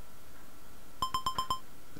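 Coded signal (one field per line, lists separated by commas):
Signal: none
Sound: a board game's move beeps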